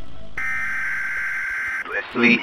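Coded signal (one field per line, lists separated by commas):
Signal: Emergency Alert System (SAME) tones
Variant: header bursts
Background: speech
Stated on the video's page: Concept EAS broadcast, made with Sony Vegas, Audacity and Synthetic Automatic Mouth.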